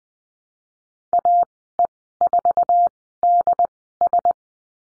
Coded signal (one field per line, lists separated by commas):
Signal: Morse code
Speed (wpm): 20 wpm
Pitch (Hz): 700 Hz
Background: none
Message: AE4DS